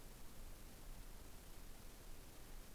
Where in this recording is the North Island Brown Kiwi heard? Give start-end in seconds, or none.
none